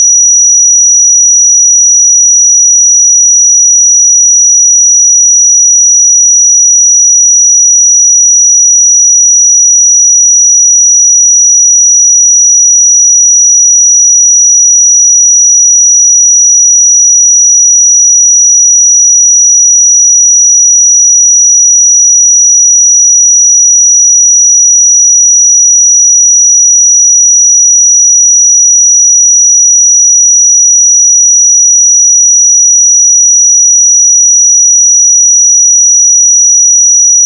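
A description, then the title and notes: A pure sine tone holds one high, thin pitch at perfectly steady loudness for the whole clip, with nothing else heard. 5831 Hz 1 Hz Interval Sine Pure Tone Frequency 441000 Sample Mono.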